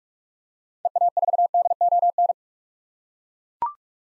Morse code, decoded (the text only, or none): EA4DON